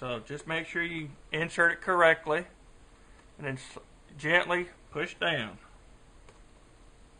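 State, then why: Seated. A battery is inserted into a ThinkPad 380 series laptop and gently pushed down while someone talks. After the speech stops, a single faint click at 6.3 s marks the battery seating in place.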